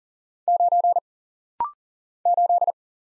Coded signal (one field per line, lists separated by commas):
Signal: Morse code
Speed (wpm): 39 wpm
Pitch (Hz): 700 Hz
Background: none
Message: 9 8